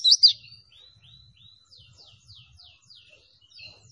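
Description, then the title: Oriental white-eye song: two loud high chirps open, followed by a soft run of thin slurred whistles and twitters, with a final sharp note at the end. Song given in the lively, vigorous style known as gacor. "Pleci Gacor"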